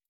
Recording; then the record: hydrophone in a shrimp aquaculture tank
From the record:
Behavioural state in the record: stressed